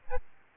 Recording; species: mosquito wingbeat signal from an infrared sensor; Aedes albopictus